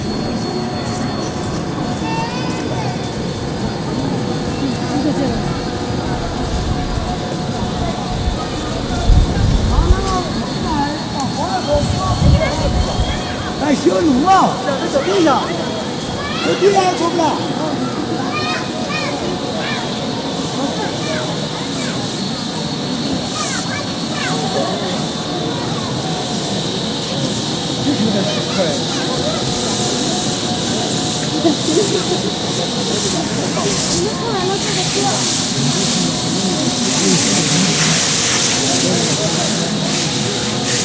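Pilgrims walk the circuit in a steady crowd murmur of voices, with scattered clinks and calls, and a rising hiss late on.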